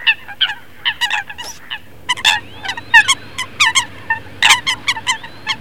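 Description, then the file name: Eurasian coot calls, abrupt nasal notes in irregular bursts and doubled clusters, with a thin high whistle sliding through the middle. "FOLAGA"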